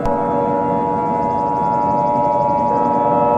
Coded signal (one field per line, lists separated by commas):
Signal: Emergency Alert System (SAME) tones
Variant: 853 and 960 Hz attention tone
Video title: The Caillou-25 Virus Pandemic, An EAS Scenario #easscenario #pandemics #scary